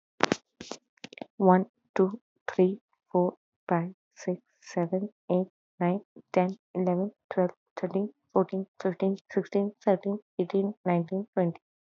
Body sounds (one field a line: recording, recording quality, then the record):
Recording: counting at a normal pace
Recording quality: excellent, no background noise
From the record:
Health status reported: healthy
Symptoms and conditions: none ticked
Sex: female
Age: 25 years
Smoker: not ticked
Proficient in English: yes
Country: India